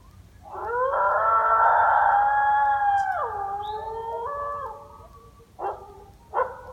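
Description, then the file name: Coyote howl, a long sustained wavering note that rises then slides down in steps, followed by two brief sharp yelps near the end. "song dogs"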